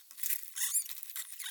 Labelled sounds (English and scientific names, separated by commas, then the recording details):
Hazel Dormouse (Muscardinus avellanarius) call
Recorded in the wild
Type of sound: call
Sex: pair
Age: adult
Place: Jena, Thüringen, DE
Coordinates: 50.9178, 11.5264
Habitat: Nestbox
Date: 2024-05-13 19:46
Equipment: audiomoth
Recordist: Nüske, Jörg
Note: Schwarzer Graben (unten): Rufe bei der Paarung - beide Partner